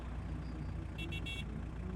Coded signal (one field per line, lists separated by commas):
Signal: none